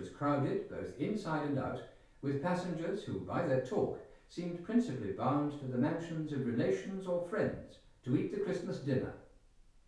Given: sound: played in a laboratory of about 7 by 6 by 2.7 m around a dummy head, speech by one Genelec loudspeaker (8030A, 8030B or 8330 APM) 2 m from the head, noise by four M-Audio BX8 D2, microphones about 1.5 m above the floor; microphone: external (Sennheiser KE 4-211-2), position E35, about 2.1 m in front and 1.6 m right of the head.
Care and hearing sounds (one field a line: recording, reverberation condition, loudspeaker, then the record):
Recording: male speech in English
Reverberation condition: medium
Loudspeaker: 60 degrees to the left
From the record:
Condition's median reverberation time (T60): about 510 ms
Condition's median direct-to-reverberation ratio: about -0.5 dB